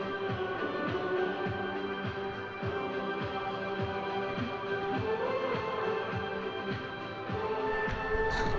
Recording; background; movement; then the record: throat clearing; music; sitting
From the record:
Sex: female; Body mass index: 25.5 kg/m2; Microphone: on the chest, facing outward